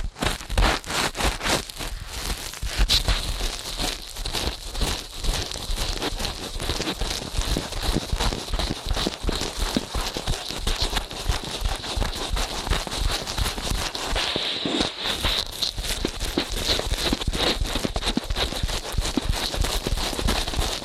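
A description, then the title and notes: Rapid ear cleaning fills the whole stretch with fast, dense scratching and rubbing strokes that tap along in a quick, almost galloping rhythm. The sound stays steady and fairly bright, with a thin whistling tone held underneath, and one brief pause near the fifteen-second mark. ASMR Ear Cleaning at Helicopter Speed.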